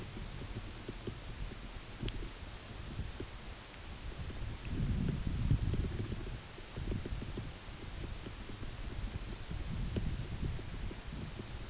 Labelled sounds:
none
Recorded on Arctic tundra, site UTQI-8, on 14 June 2019
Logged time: 10:00

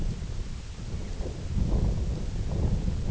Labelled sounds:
none
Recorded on Arctic tundra, site IGLO-F, on 18 June 2018
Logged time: 22:00

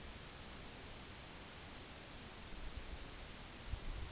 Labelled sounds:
none
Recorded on Arctic tundra, site NAIT-1, on 2 July 2019
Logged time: 18:00

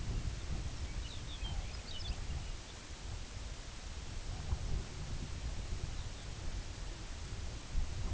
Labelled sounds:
Lapland Longspur
unidentified sound
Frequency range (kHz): Lapland Longspur 1.8-5.5 kHz
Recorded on Arctic tundra, site UTQI-2, on 15 June 2019
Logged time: 02:00

